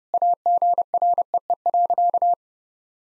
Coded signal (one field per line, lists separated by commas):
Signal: Morse code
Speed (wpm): 30 wpm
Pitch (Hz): 700 Hz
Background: none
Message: AGREE.